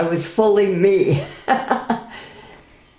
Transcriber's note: laughs